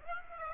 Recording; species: mosquito wingbeat signal from an infrared sensor; Aedes aegypti